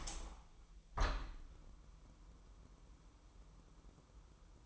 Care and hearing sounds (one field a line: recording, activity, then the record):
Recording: daily activity, microphone in the room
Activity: open window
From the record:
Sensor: 1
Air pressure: 1000.3 hPa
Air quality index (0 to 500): 246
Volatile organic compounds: 138 ppm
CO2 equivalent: 3967 ppm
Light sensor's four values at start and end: 10/25/10/11 and 11/27/11/12